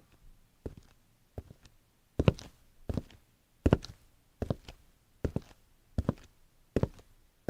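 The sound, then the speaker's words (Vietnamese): Soft, unhurried footsteps tread at a slow, steady pace heading out into the garden, about a dozen light thuds with a faint scuff on each step, and nothing else audible. “Tiếng bước chân từ từ hướng ra ngoài vườn.”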